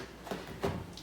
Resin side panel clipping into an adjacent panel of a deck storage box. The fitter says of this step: You can hear the snap into place.